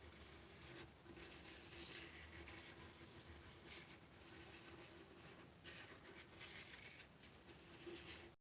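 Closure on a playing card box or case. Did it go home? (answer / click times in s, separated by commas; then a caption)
no / none. A closure on a playing card box or case is pushed up by hand, producing soft rubbing and scraping bursts over a steady low background hum. No click is heard, and the closure has not clicked by the end of the 8.4-second clip.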